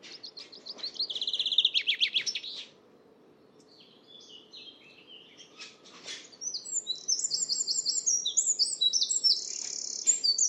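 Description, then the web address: Bird song: a run of rapid high buzzy notes, then a pause with faint chips, then a long stream of varied high whistled and trilled phrases, with a faint low hum throughout. "Deverinetal 2025 File origin Bird Only"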